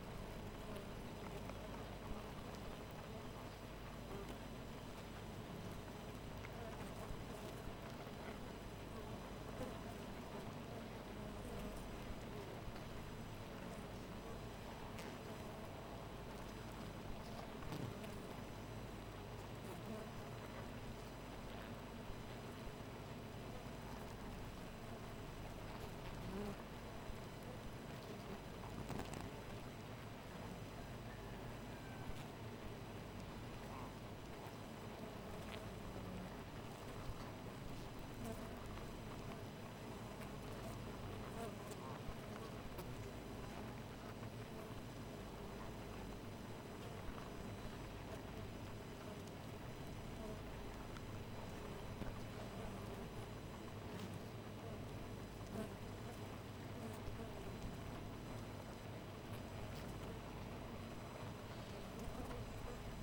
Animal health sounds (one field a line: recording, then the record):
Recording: honeybee colony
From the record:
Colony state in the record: missing queen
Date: 14 July 2017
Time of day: 4:26